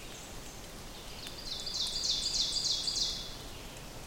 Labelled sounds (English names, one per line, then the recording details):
Ovenbird song
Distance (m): 40 m
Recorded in boreal forest in Alberta, Canada, on 6 June 2016 at 08:20
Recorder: SongMeter 3, array SBT-3-51
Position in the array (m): 218 m, 9 m
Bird 27